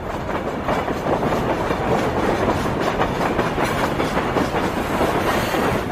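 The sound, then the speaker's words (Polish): Heavy train wheels rumble steadily over the rails, a loud, continuous low roar with a faint rhythmic clatter running through it. No voices are heard. “Słychać było tylko brzęczenie trzmiela wirującego w trawie i turkot ciężkich kół.”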